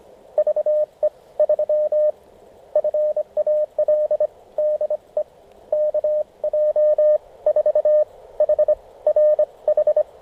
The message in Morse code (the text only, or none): VE3FAL DE KJ4HRH